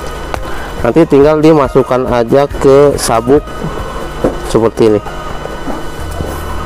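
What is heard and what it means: A snap button on the MOLLE attachment strap of a waterproof tactical MOLLE EDC pouch is pulled open so the pouch can go onto a belt, giving one sharp pop at 0.3 s as the button comes apart and releases. Someone talks over faint background music before and after the pop.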